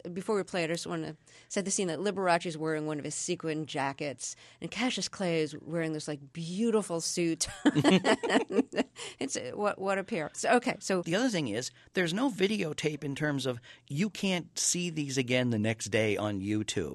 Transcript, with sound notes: It's - before we play it, I just want to set the scene that Liberace's wearing one of his sequined jackets, and Cassius Clay is wearing this, like, beautiful suit.
(LAUGHTER)
What a pair. OK, so...
The other thing is, there's no videotape in terms of you can't see these again the next day on YouTube.